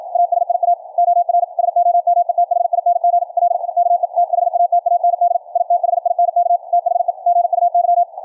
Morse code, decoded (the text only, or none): ASIA OR SOMETHING L KE THAT AND I THINK THE GUY